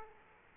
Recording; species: mosquito wingbeat signal from an infrared sensor; Aedes aegypti